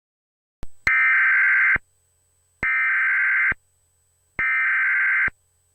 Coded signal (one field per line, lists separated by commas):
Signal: Emergency Alert System (SAME) tones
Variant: header bursts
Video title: EAS Scenario: Angels [Part 1]